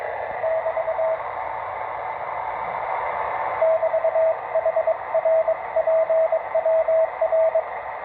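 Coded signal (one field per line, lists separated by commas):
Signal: Morse code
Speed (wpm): 22 wpm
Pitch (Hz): 650 Hz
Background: radio noise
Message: <BT> <BT> HR PWR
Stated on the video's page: QRP Morse station heard at long distance.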